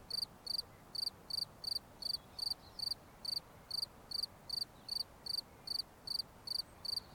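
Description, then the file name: Cricket chirping, bright pulsed notes repeated a little over twice a second in an even, continuous sequence, with soft background hiss. "Grillons"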